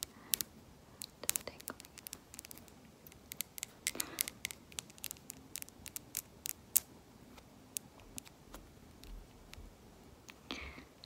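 Fingernails tap on assorted objects in quick, irregular bursts, each click sharp and bright. The taps come several times a second, with slightly fuller knocks around four and ten seconds. A soft, low hush sits underneath the whole time.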